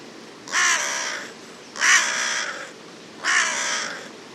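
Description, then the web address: Bird uttering three hoarse caws that start loud and fade as they trail off, spaced roughly one and a half seconds apart. "cianscape. Deverinetal 2025. Bird Only"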